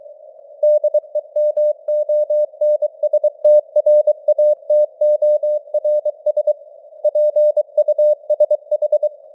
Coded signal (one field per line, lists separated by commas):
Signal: Morse code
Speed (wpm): 23 wpm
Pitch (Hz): 600 Hz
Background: none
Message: DEMONSTRATORS PUSH